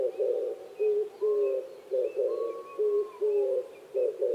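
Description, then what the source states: Oriental turtle dove song: loud, deep cooing phrases in a steady beat, while another bird gives long thin whistles and high chirps. Recorded 26 April 2010 at 05:29.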